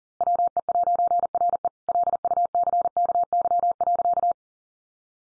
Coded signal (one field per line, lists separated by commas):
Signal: Morse code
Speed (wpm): 40 wpm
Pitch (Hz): 700 Hz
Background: none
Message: WE'RE LUCKY.